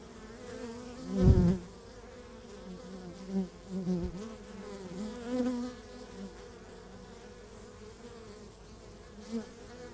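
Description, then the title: Honey bee hive hum, a low continuous drone from many bees, with a sharp knock early on and several louder buzzes. Beehive at Laren, Gelderland, Netherlands, on July 17th 2015. "Beehive. Bijenkorf (Laren Gld., July 17th 2015)"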